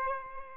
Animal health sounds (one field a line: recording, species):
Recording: mosquito wingbeat signal from an infrared sensor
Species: Aedes albopictus